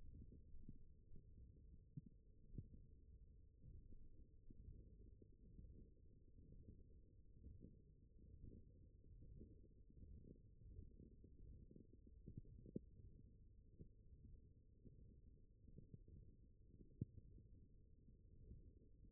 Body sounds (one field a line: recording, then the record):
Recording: forearm muscle sounds (acoustic myography)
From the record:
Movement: wrist flexion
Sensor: system 1, eight BSWA MPA416 microphones around the upper forearm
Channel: 5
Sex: male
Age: 21 years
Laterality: right